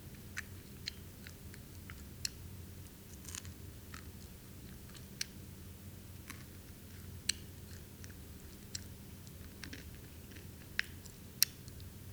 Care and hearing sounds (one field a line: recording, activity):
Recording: daily activity, guitar pickup as the sensor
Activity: eat